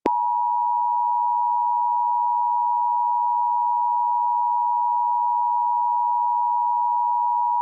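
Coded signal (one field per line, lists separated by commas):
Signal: Emergency Alert System (SAME) tones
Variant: 853 and 960 Hz attention tone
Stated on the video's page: Fictional scenario alert, simulated rather than real.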